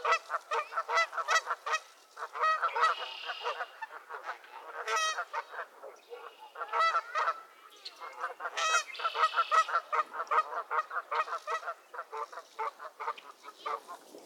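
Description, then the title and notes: Goose: geese honking in a dense, continuous squabble, many overlapping harsh calls repeated rapidly throughout. Squabbling geese at Miner's Marsh, Annapolis Valley, Nova Scotia. "Theraphonia - Geese at Miner's Marsh. Geese squabbles at Miner's Marsh, Annapolis Valley, Nova Scotia"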